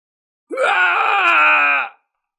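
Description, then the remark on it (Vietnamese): An old man lets out one loud, agonized death scream, rising sharply then held at a strained, raspy pitch for about a second and a half before cutting off, with nothing else around it. “Lão già hóa long biến thứ sáu kia hét thảm một tiếng, đương trường bị mảnh mây đỏ biến thành bãi máu, chém đến thần hình hủy diệt, chết oan chết uổng.”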